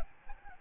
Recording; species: mosquito wingbeat signal from an infrared sensor; Aedes albopictus